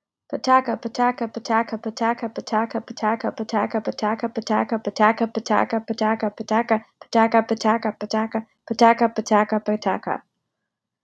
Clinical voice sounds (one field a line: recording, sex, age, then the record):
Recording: repeated syllables /pa ta ka/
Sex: female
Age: 20 to 29 years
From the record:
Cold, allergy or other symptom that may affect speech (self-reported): no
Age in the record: 28 years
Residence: Washington, United States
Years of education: 18